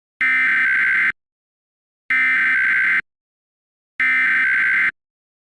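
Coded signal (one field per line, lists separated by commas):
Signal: Emergency Alert System (SAME) tones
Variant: header bursts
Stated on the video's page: Fictional EAS scenario, not a real alert.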